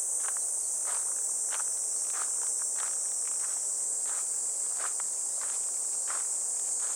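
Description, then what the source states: Cicadas keep up a continuous shrill hum while footsteps sound beneath the buzzing. Cicadas heard on a morning walk along a riverbank path in clear, fresh air, heading toward a weir.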